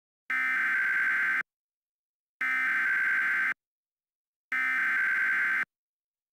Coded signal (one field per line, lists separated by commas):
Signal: Emergency Alert System (SAME) tones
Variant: header bursts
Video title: EAS Severe Thunderstorm Warning for Vineland, New Jersey 06/08/21 (New DASDEC Screen Test)